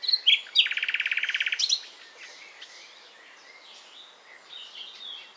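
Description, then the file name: Common nightingale song phrase: a few sharp whistled notes, then a fast loud buzzy rattle of rapidly repeated notes for about a second, followed by quiet twittering. "Luscinia megarhynchos"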